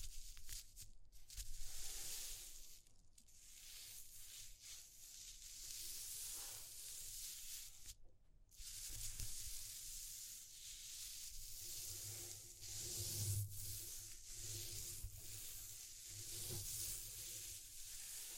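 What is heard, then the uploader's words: Texture exploration sounds: steady bright scratching and crinkling with brief silent gaps near one, three and eight seconds, plus soft low thumps. ASMR Exploring Textures (No Talking).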